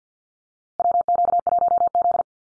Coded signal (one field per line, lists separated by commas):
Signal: Morse code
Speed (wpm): 50 wpm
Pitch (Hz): 700 Hz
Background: none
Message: WQ1Z